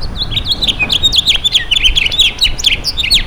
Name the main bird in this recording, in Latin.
Haemorhous mexicanus